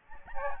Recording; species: mosquito wingbeat signal from an infrared sensor; Aedes albopictus